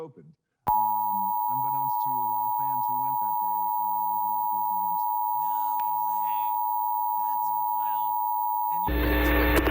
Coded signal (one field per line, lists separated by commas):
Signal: Emergency Alert System (SAME) tones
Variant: 853 and 960 Hz attention tone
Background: speech, music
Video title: KOAM/KGET/WGBA/WBAY/KQDS Emergency Alert System (EAS) Tests, Summer 2021